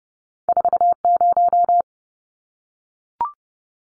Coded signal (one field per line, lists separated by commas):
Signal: Morse code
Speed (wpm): 30 wpm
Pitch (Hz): 700 Hz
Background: none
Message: 40